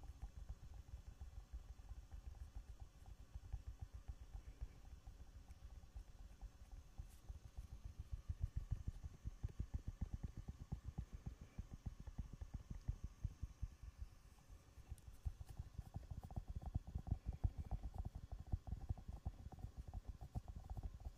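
Fingers rub and tap over a fuzzy, foam or bare microphone in dense, continuous scratchy rustling, low and thumpy, with sharper taps throughout.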